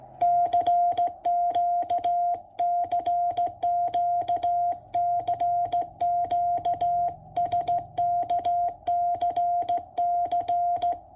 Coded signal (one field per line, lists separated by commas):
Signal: Morse code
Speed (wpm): 16 wpm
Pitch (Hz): 700 Hz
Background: music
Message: CQ CQ CQ SKCC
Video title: Working WA9AQN 20m August 2024